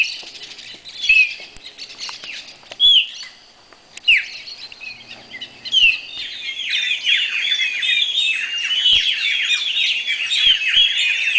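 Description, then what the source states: Songbird song: scattered sharp whistled notes and chirps, building into dense, continuous overlapping twittering. Songbirds recorded in Brazil.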